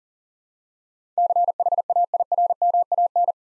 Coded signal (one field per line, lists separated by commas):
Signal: Morse code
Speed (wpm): 38 wpm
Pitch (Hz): 700 Hz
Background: none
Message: CHAIRMAN